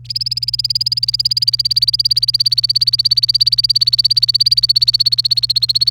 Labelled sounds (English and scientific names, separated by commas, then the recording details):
Domestic Canary (Serinus canaria) song
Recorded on 28 April 2018 at 10:18
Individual llb3